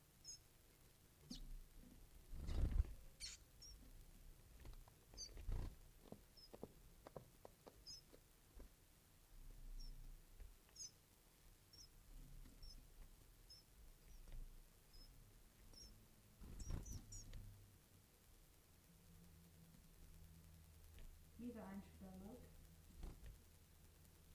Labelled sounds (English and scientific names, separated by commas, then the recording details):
Western Bonelli's Warbler (Phylloscopus bonelli) begging call
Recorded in captivity
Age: juvenile
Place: Zoologisches Institut Universität Tübingen, Baden-Württemberg, DE
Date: 1970-06-28 18:45
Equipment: Nagra III PH, MD211, DP26
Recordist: Killmaier and Stumbrat